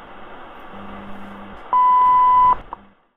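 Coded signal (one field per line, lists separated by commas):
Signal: radio time signal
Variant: WWV minute tone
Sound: soft low hum, then one clear 1 kHz beep lasting about 0.8 seconds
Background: radio static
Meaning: The tone marks the start of the minute, 22:45 UTC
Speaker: it's available from the US National Institute of Standards and Technology or nist on your HF receiver at 2.5 5 10 15 and 20 megahertz from stations WWV and wwvh acetone 22 hours 45 minutes coordinated universal time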